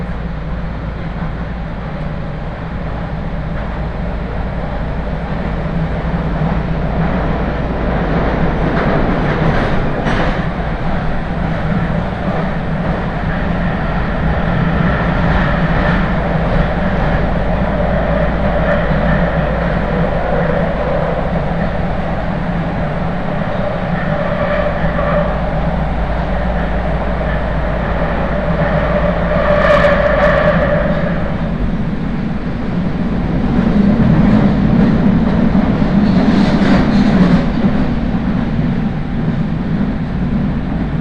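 Inside a moving train, a steady low rumble and hum fill the whole recording at a fairly loud, even level. Brief squeals and rattles cut through around 10, 30 and 37 seconds, and mid-pitched tonal whines rise and fade from about 15 to 31 seconds.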